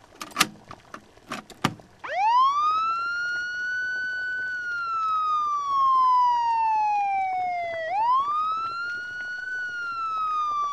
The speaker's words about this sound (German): Diese Sirene jault. Ja, das war eine amerikanische Sirene.